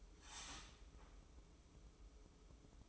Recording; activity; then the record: daily activity, microphone in the room; start toaster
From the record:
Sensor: 1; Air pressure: 995.3 hPa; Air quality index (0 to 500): 25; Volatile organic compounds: 0 ppm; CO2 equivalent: 500 ppm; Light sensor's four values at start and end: 18/58/21/23 and 18/58/21/23